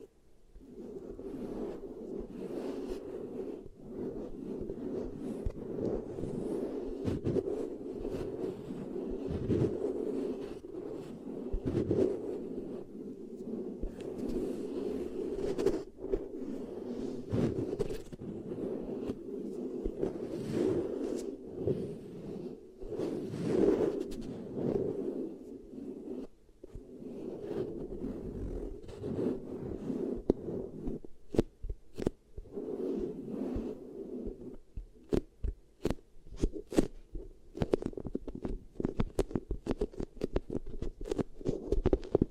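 Beeswax being pressed and worked as ear triggers makes a dense, continuous crinkly, sticky rustling with a steady low-mid body. Sharper crackles and scrapes pop up every second or two throughout. After about 31 seconds the sound thins into quicker, sparser clicks and taps.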